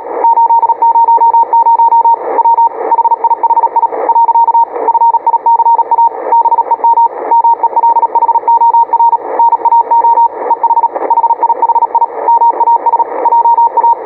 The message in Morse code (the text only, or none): 800 W HIHI . FICA BEM MELHOR NAO EH HIHI MAS JA